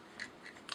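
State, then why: Not seated. The plastic hand peg from a Studio Series 86 Grimlock upgrade kit is slid into the figure's white wrist piece, making brief, light scraping and rubbing sounds around 0.2, 0.5 and 0.7 seconds. The peg only slides in and does not lock; nothing has seated or clicked yet.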